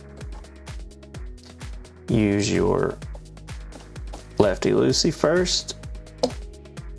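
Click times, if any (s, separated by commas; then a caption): 6.2 s. A screw on a plastic bracket of Caddx Walksnail Avatar HD Goggles X is turned counter-clockwise over the existing thread while someone talks over steady background music with faint ticking. A sharp click at 6.2 s marks the screw dropping into the existing thread, and it is then tightened down, seated.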